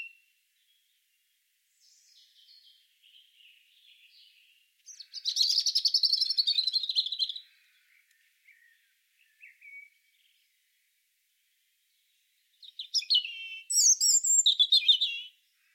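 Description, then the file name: European robin singing: soft, thin warbles early on, then two loud phrases of rapid high trills and quick sliding notes, separated by a long pause with a few soft notes. "Erithacus rubecula"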